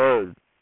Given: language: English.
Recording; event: throat vibration sensor signal played as sound; speech